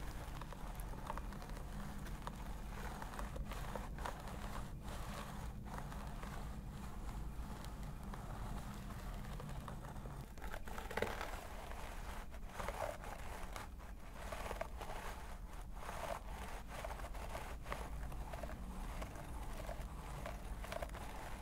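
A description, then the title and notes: A scalp massage: a dense, continuous rustle of fingers working through hair over a steady low hum. Brief scratchy strokes come irregularly, thicker after about three seconds, with a brighter, louder rub near eleven seconds. ASMR Stress Relieving Scalp Massage ASMR.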